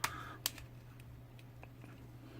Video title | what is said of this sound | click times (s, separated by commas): Doctor Who Sonic Screwdrivers Review Part 3 - Character options Modern Doctors set | It locks into place there. | 0.5 s